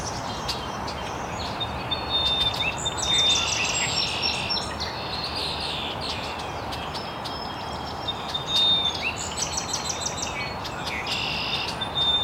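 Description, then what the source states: Birds chirping and trilling in overlapping bursts, with thin sustained whistles among them, all over steady rushing noise. Birds chirping very early in the morning in an estuary.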